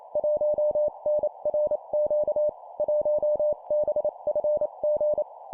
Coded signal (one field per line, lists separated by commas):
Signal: Morse code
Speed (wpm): 28 wpm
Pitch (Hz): 600 Hz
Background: none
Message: 1NRQ 1BFG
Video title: 25wpm Four letter words number,letter,letter,letter, CW morse code Copy Speed improvement